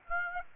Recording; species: mosquito wingbeat signal from an infrared sensor; Aedes aegypti